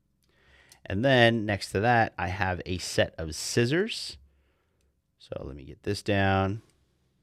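Someone talks while handling the short scissors implement on a Roxon Flex Modular metal multitool, starting to fold it out toward its locked position. Nothing has seated or clicked yet; the clip ends before the scissors lock in place.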